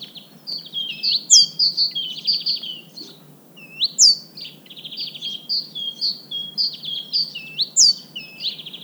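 Great tit giving busy calls: rapid buzzy rattles alternating with bright hooked whistles and high swooping notes, fairly loud throughout.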